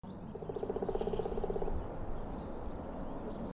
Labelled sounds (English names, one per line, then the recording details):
Black Woodpecker drumming
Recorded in the wild
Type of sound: drumming
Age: adult
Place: Bernau bei Berlin, Bernauer Forst, Brandenburg, DE
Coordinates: 52.6975, 13.5211
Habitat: wood
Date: 2007-01-05 12:44
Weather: wechselhaft, ca. 5°C, mäßiger bis starker Wind
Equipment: Sound Devices 702, Sennheiser MKH 70, Windkorb
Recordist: Frommolt, Karl-Heinz
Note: Rieselfläche bei Waldfrieden: Waldgebiet bei Waldfrieden: Trommeln eines Schwarzspechtes. Tier nicht gesehen